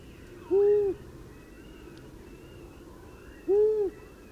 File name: Gufo Comune